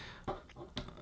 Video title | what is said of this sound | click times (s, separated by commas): Jungle Mission 3-Pack (Bumblebee, Airazor, B Autobot Mirage) | rear Wings in and they will snap into place | 0.8 s